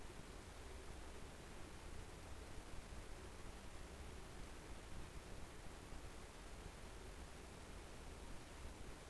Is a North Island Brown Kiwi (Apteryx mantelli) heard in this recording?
no